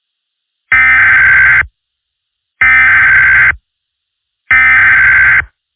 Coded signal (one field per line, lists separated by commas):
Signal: Emergency Alert System (SAME) tones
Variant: header bursts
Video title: EAS Scenario: Smasher Purification Order 2: Alicorn Strikes